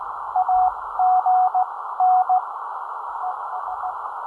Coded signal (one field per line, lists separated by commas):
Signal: Morse code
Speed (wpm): 17 wpm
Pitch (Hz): 740 Hz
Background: none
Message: AGN ES